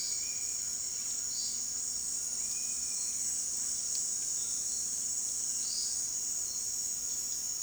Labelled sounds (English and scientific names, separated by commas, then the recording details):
Bright-rumped Attila (Attila spadiceus), unidentified bird, White-throated Toucan (Ramphastos tucanus), Dusky-capped Flycatcher (Myiarchus tuberculifer)
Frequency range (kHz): unidentified bird 3.2-5.6 kHz; White-throated Toucan (Ramphastos tucanus) 0.8-1.9 kHz; Dusky-capped Flycatcher (Myiarchus tuberculifer) 1.9-3.2 kHz
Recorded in dense forest near Puerto Asís, Putumayo, Colombia, on 21 February 2024 at 18:00
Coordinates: 0.466, -76.327
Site G6413